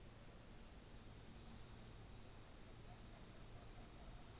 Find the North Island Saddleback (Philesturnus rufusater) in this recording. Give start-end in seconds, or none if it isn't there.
0.55-4.39